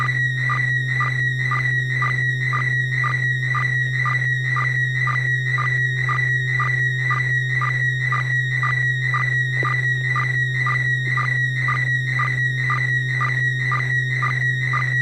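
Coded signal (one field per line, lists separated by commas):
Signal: SSTV (slow-scan television)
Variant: PD120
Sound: warbling high tone with steady rhythmic chirping ticks about twice a second, under a low hum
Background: low hum, FM radio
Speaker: we'll start out with our first image of the evening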